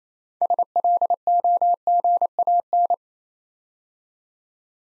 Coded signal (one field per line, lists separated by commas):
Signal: Morse code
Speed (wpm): 27 wpm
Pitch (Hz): 700 Hz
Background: none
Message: SLOGAN